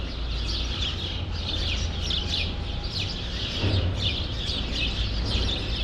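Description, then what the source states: Sparrows in lively chatter, rapid chirps from several birds overlapping continuously, over a low drone with a brief thud midway. Sparrows in a grove at Rue Saint-Jean Népomucène, Brussels, Belgium; recorded with Earsight V2 microphones in AB into a Mixpre-3.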